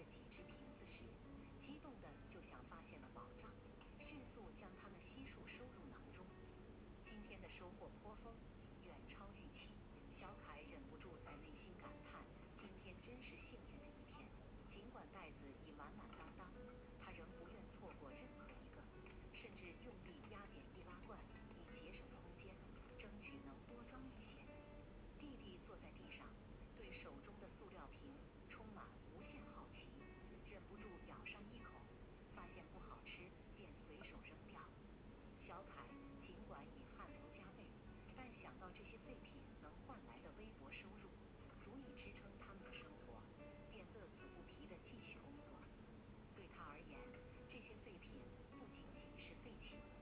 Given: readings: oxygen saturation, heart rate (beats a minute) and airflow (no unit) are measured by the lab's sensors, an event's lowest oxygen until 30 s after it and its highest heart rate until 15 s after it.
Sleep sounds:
a person awake in a sleep study, by a voice recorder at the bedside; none
0.00-50.02 s: awake
From the record:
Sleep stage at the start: awake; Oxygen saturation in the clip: 94 to 96%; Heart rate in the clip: 71 to 75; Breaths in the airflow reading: 12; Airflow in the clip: -3.5 to 4.8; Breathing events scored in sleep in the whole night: 131 in 7.2 hours asleep

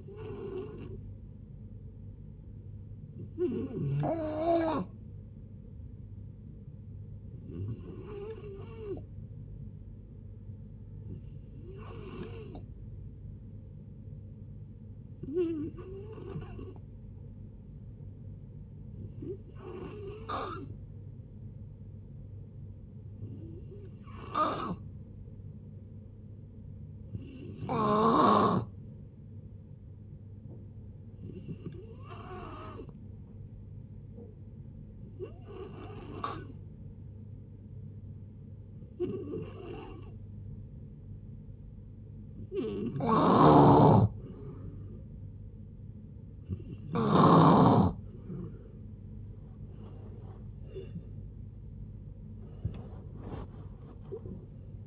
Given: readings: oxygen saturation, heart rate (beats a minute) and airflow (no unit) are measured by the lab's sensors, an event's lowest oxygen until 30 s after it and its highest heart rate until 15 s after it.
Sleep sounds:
a person awake in a sleep study, by a smartphone at the bedside; none
0.00-54.87 s: awake
0.00-54.87 s: awake
From the record:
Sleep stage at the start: awake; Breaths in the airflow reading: 20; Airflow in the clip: -0.6 to 0.6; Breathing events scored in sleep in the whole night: 496 in 5.4 hours asleep

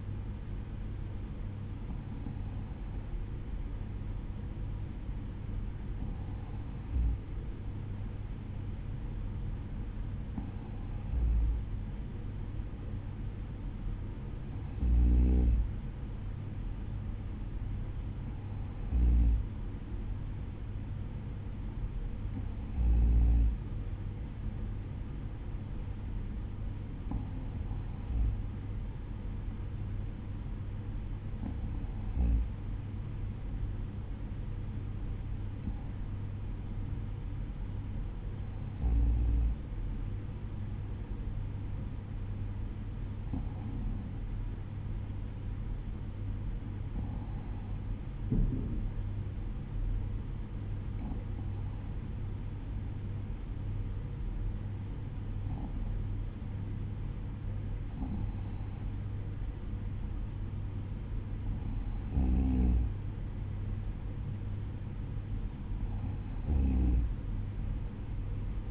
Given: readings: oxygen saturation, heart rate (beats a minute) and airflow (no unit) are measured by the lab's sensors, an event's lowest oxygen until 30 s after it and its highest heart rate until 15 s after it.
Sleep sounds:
breathing in sleep by a smartphone at the bedside; none
none scored
From the record:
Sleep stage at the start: N2 (light sleep); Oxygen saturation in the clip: 94%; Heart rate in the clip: 53 to 55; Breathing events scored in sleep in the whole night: 305 in 9.6 hours asleep

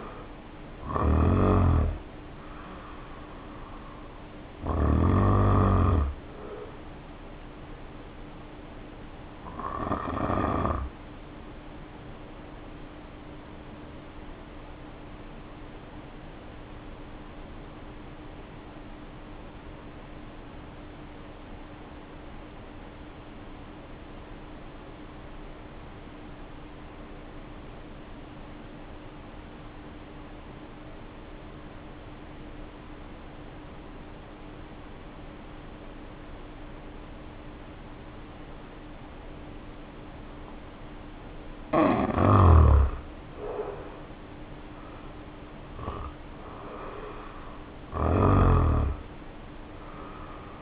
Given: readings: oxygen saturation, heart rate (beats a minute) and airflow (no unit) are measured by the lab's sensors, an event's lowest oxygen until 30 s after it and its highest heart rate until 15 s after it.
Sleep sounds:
breathing in sleep by a voice recorder at the bedside; 1
12.00-42.70 s: hypopnea (N2, oxygen 95% highest, then 73% lowest, heart rate 48 at the start, 70 highest)
40.00-50.62 s: new sleep stage, N1 (lightest sleep)
From the record:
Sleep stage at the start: N2 (light sleep); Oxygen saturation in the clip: 73 to 95%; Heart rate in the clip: 48 to 70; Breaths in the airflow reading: 15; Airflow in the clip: -2.3 to 3.2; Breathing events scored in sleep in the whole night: 520 in 7.2 hours asleep

